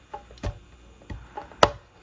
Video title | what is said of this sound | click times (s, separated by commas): E26 Socket Fan Light with Remote | Once you hear that click, you're all set. | 1.6 s